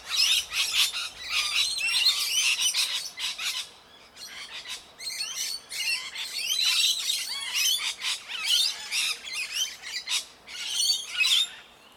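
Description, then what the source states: Parrots calling in a dense chorus of harsh chirps and squawks, overlapping continuously with brief lulls near four and ten seconds. Parrots in a tree.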